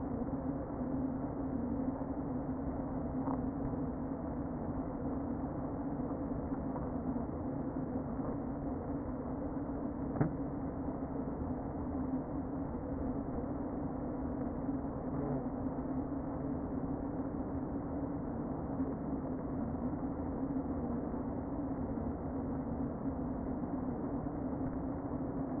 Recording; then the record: honeybee colony, microphone inside the hive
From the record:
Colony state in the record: queen present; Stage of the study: before two queens were removed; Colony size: about 60,000 bees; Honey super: yes